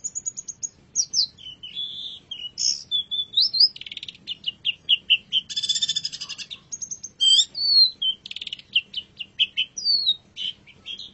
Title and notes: Kicau Burung Cendet Juara. Audio Kicauan Burung Cendet Juara